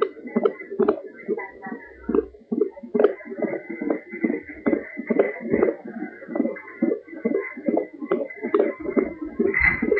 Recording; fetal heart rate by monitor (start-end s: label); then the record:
fetal heart sounds by stethoscope on the mother's abdomen
0.00-10.00 s: 138 bpm
From the record:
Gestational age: 39 weeks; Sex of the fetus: girl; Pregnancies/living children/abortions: 1/0/0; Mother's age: 21 years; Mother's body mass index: 22.2